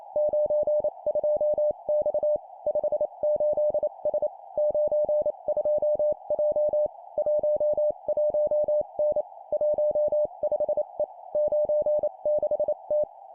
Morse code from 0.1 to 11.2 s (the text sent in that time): 92X 58S 92J 11N 15E